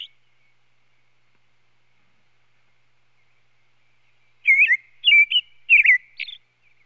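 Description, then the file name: American robin song: after a brief note and a long quiet stretch, four short whistled, warbling caroling phrases near the end. "Sound Effects Library - American Robin"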